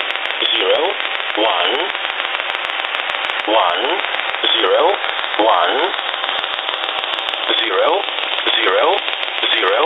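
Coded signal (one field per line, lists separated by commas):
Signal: numbers station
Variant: E07a English Man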